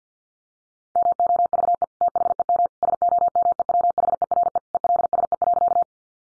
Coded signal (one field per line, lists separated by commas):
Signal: Morse code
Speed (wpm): 50 wpm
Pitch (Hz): 700 Hz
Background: none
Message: MOVE THEM SOMEWHERE ELSE.